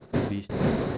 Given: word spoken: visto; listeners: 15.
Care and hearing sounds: one Spanish word in noise, from a listening test; noise modulated by one talker; -9.3 dB; 0 of 15; 6 of 15; 0.58 s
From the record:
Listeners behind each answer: 6, 3, 2, 1, 1, 1, 1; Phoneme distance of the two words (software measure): 10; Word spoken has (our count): 2 syllables, 5 phonemes, stress on syllable 1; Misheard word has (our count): 2 syllables, 5 phonemes, stress on syllable 1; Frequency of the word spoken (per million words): 181.41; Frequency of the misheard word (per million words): 202.88

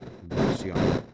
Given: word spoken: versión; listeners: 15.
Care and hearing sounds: one Spanish word in noise, from a listening test; noise modulated by one talker; -12.8 dB; 0 of 15; 9 of 15; 0.74 s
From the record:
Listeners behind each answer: 9, 2, 1, 1, 1, 1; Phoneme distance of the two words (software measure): 34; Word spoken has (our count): 2 syllables, 7 phonemes, stress on syllable 2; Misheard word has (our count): 3 syllables, 7 phonemes, stress on syllable 3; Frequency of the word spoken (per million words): 69.88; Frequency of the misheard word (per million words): 31.27

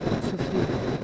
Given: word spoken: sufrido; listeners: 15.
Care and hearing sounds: one Spanish word in noise, from a listening test; noise modulated by three-talker babble; -4.0 dB; 0 of 15; 12 of 15; 0.64 s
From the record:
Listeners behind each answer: 12, 1, 1, 1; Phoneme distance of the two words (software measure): 17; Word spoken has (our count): 3 syllables, 7 phonemes, stress on syllable 2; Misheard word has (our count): 2 syllables, 6 phonemes, stress on syllable 2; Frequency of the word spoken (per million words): 31.47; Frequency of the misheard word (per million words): 31.29

